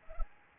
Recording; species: mosquito wingbeat signal from an infrared sensor; Anopheles arabiensis